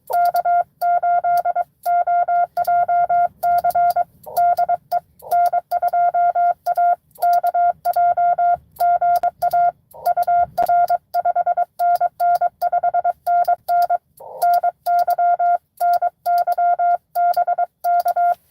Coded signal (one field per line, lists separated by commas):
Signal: Morse code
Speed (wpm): 23 wpm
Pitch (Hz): 700 Hz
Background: none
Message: K8OJC DE N2AKJ GA UR 5NN 5NN NY NY BK